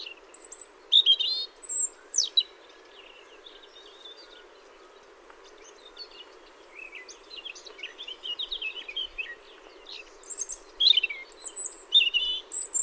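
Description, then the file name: European robin song: thin, high, sweet warbled phrases with quick trills, one burst near the start and a longer varied run from about seven seconds on, over a faint low background hiss. "rougegorge"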